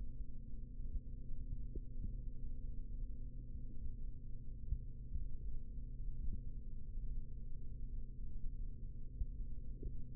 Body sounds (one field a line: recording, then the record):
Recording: forearm muscle sounds (acoustic myography)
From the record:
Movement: rest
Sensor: system 3, bracelet of six PUI Audio POM-2738L microphones around the upper forearm, with dedicated amplification and filtering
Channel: 1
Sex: male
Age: 25 years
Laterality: right